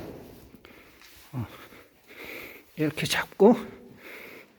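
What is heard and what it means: A hand grabs the trunk lid of a K5 DL3 car to pull it down manually, as it had to be closed before a power trunk was installed, while someone talks. A short faint tick sounds at 0.6 s, followed by brief low rustles and handling noises. The clip ends before the trunk lid latch catches its striker, and nothing has seated yet.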